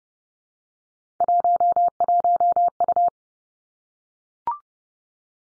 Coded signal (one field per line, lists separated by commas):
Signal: Morse code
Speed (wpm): 30 wpm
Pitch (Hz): 700 Hz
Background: none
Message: 11U